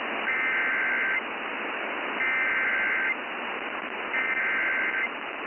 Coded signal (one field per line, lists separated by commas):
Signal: Emergency Alert System (SAME) tones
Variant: header bursts